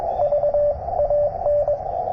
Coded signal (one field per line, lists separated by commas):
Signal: Morse code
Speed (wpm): 23 wpm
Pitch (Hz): 590 Hz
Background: radio noise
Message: VAN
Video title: 100w with good band conditions makes POTA a piece of cake!